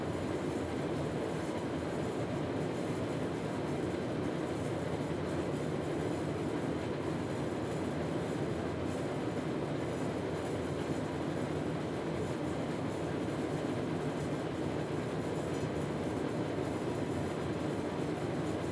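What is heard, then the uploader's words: An air conditioner hums in a steady, unbroken drone for the whole stretch, its sound dense and weighted toward the low and middle range with a rough, rumbling texture. Faint thin whines sit high above, and the level never rises or falls. Relaxing Hum of the Air Conditioner.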